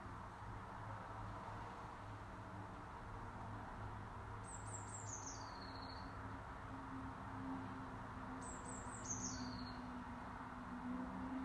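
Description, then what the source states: Eurasian blue tit calls, two high descending stepped phrases about four seconds apart, each ending in a lower sustained note, against a low rumbling background. Call type 2.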